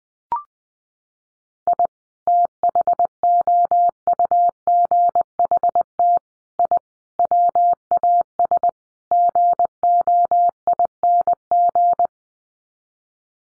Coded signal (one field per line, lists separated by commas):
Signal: Morse code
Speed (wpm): 20 wpm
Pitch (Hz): 700 Hz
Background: none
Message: I THOUGHT I WAS GOING